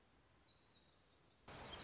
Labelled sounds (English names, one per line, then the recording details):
Black-throated Gray Warbler
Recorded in Sonoma County, California